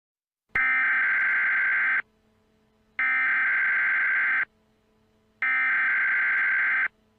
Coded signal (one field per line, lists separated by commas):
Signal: Emergency Alert System (SAME) tones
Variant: header bursts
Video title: Emergency Alert System Senario (FURRY INFECTED OUTBREAK) Furry Virus